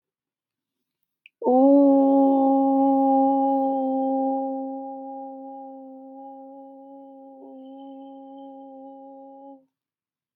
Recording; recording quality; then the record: sustained vowel as in boot; excellent, no background noise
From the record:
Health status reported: respiratory illness, not identified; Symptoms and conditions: sore throat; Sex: female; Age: 39 years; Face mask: not worn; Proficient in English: yes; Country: India